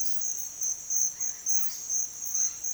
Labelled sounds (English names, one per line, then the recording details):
Dusky-headed Parakeet
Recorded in dense forest near Puerto Asís, Putumayo, Colombia, on 18 February 2024 at 06:30
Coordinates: 0.505, -76.324
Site G6467